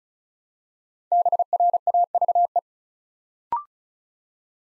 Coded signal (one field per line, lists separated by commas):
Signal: Morse code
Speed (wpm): 36 wpm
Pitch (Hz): 700 Hz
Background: none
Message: BRAVE